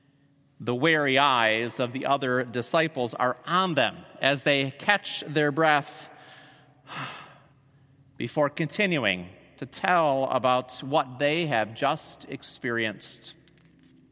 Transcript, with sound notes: The wary eyes of the other disciples are on them as they catch their breath (breathes deeply) before continuing to tell about what they have just experienced.